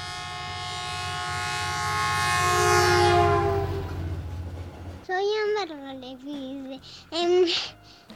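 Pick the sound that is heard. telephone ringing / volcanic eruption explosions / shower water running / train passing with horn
train passing with horn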